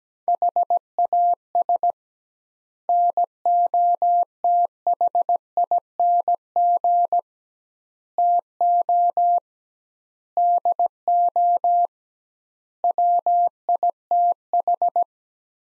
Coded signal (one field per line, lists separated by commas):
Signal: Morse code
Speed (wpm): 17 wpm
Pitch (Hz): 700 Hz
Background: none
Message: HAS NOTHING TO DO WITH